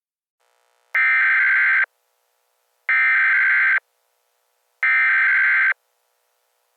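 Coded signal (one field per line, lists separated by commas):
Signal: Emergency Alert System (SAME) tones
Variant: header bursts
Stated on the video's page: Fictional simulated EAS scenario about martial law for an epidemic; not a real alert.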